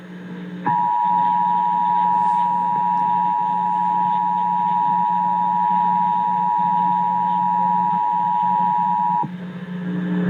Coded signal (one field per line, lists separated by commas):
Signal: Emergency Alert System (SAME) tones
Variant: 853 and 960 Hz attention tone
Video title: Kentucky Required Monthly Test (5/20/21)(EAS 704)